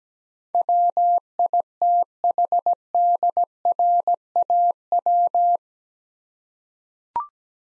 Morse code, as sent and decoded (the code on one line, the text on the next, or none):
.-- .. - .... -.. .-. .- .--
WITHDRAW